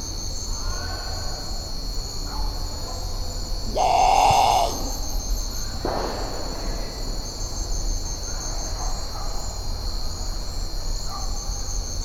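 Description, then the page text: Great potoo giving a single harsh, grating roar early on, then a brief low thump, with a steady high-pitched insect drone throughout. "Исполинский лесной козодой"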